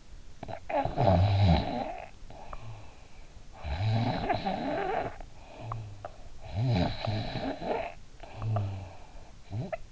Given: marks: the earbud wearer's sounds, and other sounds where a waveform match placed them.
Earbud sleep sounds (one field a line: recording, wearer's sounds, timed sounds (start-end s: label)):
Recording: sounds in sleep by an in-ear microphone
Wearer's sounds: snoring breath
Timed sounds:
0.00-6.37 s: snoring breath
6.37-9.75 s: snoring breath